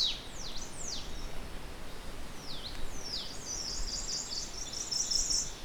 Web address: bird song iizimamusikui